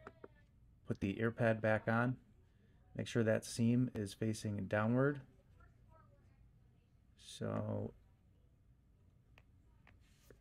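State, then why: Not seated. A headphone ear pad for Sony WH-H910N (h.ear on 3) headphones is positioned back on its earcup, with its seam facing downward and its plastic clips lined up before pressure is applied. Someone talks through most of the clip, with a few faint ticks near 0.1, 0.2, 9.4 and 9.9 seconds. Nothing has seated or clicked yet.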